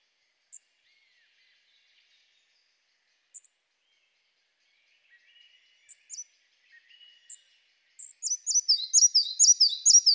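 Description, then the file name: Red-breasted flycatcher: scattered thin high ticks and soft notes, then a lively, fast-repeated run of bright descending whistles in the final seconds. "Mathias Ritschard - Malaya muholovka Ficedula parva"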